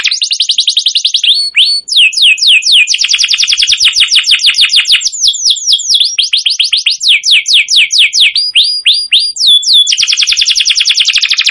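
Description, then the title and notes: Canary singing continuously, fast rattling trills alternating with repeated downward-sweeping whistles and rolling buzzy phrases, changing tour every second or two. Wild canary, very active long song, used as a master recording to train other birds. "Kenari GACOR PANJANG KENARI LIAR. burung kenari gacor parah"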